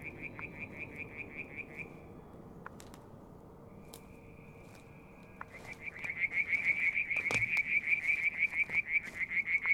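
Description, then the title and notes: Frog giving pulsed high trills over a steady background hiss, with a few sharp clicks; the trilling grows louder and steadier in the second half. Limnodynastes peronii, Litoria verreauxii and an unidentified frog calling one evening near a water tank, Mount Wilson, New South Wales, Australia, July 2022. "Frog song, Mount Wilson, New South Wales, Australia in July 2022 – by Alexander Moffatt. Limnodynastes Peronii, Litoria Verreauxii and a mystery frog one evening near the water tank"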